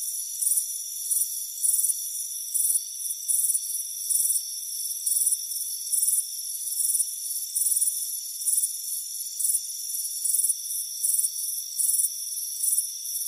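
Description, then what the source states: Crickets chirping in high, buzzy pulsed bursts a little more than once a second over a steady high insect drone. Crickets chirping on a warm afternoon on a front porch.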